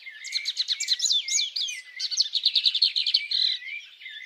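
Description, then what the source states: Bird song: a continuous stream of high chirps, warbles and quick trills. Birds singing at dawn.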